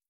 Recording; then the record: hydrophone in a shrimp aquaculture tank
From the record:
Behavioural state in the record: starved